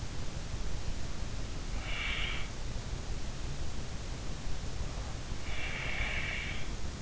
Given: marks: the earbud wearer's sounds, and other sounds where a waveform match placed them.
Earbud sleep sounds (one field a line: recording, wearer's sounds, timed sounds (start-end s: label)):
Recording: sounds in sleep by an in-ear microphone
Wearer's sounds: snoring breath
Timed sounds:
1.65-2.66 s: snoring breath
5.26-6.53 s: snoring breath